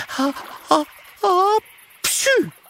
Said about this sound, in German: und muss plötzlich niesen.